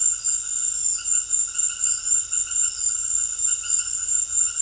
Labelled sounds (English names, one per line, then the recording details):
none
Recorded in secondary vegetation near Puerto Asís, Putumayo, Colombia, on 25 June 2025 at 18:30
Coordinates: 0.500, -76.326
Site GP08